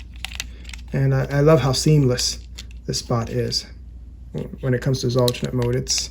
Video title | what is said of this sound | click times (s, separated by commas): Siege/Earthrise Wheeljack | his forearm and his wrist and this all snaps into place just like that | 0.2 s, 0.4 s